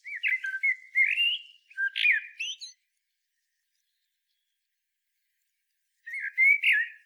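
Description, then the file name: Common blackbird song: a run of rich fluted notes and a rising whistle with a high squeaky ending, then a pause before one more short warbled phrase. "Turdus merula"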